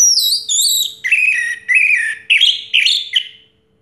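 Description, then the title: Orange-headed thrush song of several loud clear whistled phrases in under four seconds. Recording used to lure a silent (stuck) orange-headed thrush into singing. "Anis Merah Macet.. Pancing Dengan Suara Ini.. 100 Ampuh. # Anis Merah"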